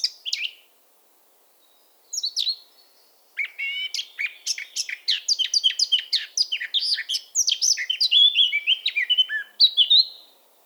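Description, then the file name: Eurasian blackcap song: a couple of brief opening notes, then a fast rich warble of varied scratchy and fluty notes, ending in a clearer whistled phrase. "Sylvia atricapilla"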